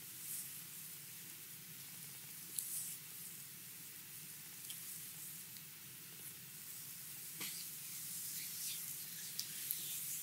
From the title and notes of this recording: ASMR Hawaiian lomi lomi massage.